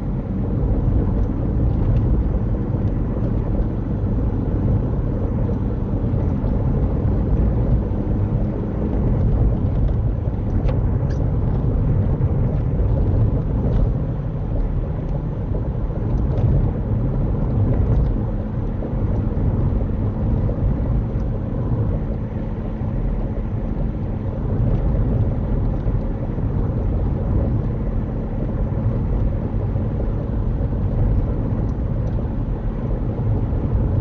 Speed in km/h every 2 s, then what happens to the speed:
71, 72, 76, 77, 74, 74, 74, 77, 76, 76, 81, 77, 79, 79, 81, 81, 79.
0-6 speeds up to 77. 6-34 steady at about 77.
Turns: none.